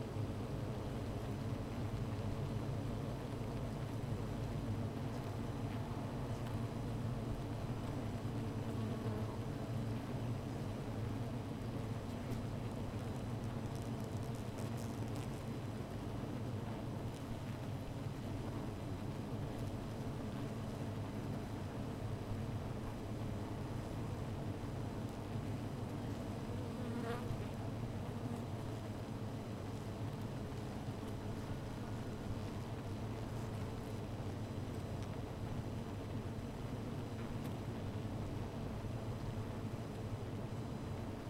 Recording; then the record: honeybee colony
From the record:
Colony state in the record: missing queen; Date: 14 July 2017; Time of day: 15:45